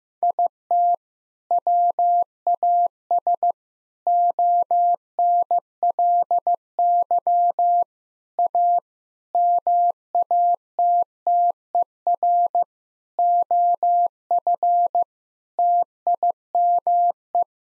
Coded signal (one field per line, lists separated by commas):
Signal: Morse code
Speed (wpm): 15 wpm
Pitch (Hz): 700 Hz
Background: none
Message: IT WAS ONLY A MATTER OF TIME